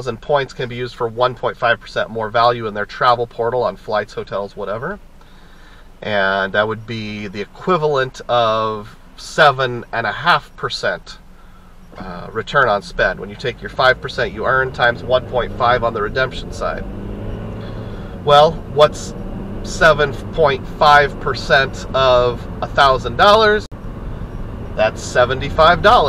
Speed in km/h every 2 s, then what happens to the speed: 0, 0, 0, 0, 0, 0, 3, 19, 34, 44, 53, 56, 60.
0-11 standing. 11-26 pulls away to 60.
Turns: none.